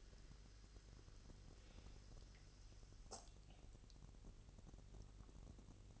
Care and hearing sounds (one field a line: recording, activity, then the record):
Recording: daily activity, microphone in the room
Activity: make coffee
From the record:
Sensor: 4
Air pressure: 1008.2 hPa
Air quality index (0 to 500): 109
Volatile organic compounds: 1 ppm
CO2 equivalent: 805 ppm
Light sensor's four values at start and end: 12/25/10/11 and 11/25/10/10